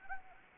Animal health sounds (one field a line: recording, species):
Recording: mosquito wingbeat signal from an infrared sensor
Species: Anopheles arabiensis